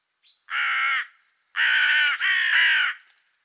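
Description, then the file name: Carrion crow giving one drawn-out hoarse caw, then after a short pause a longer doubled caw, all coarse and grating. "Corvus corone"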